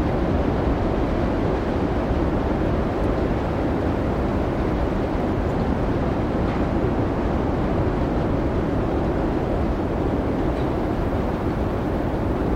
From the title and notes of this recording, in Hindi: शीतकालीन तूफ़ान का वातावरण | आइसलैंडिक हिमपात और गर्जना करती हवाएँ. रेक्याविक में दिद्दू के विशाल हिमपात के दौरान रातभर में कैप्चर किया गया, तेज हवाओं और घूमते हुए बर्फ की असली और अनियंत्रित ध्वनियों का अनुभव करें।. हवाएँ बर्फीली सरसराहट में बदल जाती हैं.